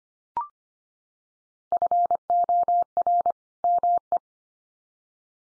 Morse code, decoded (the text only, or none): FOR ME